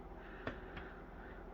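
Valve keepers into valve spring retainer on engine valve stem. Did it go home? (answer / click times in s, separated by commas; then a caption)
yes / 0.5 s. On a Predator 212 non-hemi small engine cylinder head, the metal valve keepers are pushed with a finger on each side of the compressed valve spring and retainer so they lock into the retainer on the valve stem. A sharp metallic click at 0.5 s is followed by a fainter tap near 0.8 s over a steady low background. The keepers go together, pop up and are seated.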